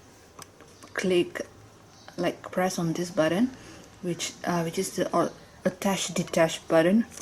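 A plastic dust collector is released from the motor body of a Midea MVC-SC861B 2-in-1 stick vacuum, with a short, sharp click at 0.4 s. Someone then talks through the rest of the clip, and the dust collector comes free.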